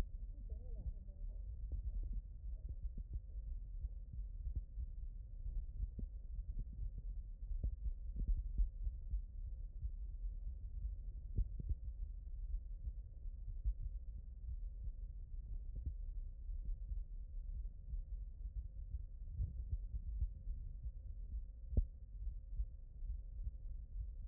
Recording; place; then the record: heart sounds by stethoscope; aortic valve (AV)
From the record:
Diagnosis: non-HFrEF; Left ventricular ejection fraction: 67%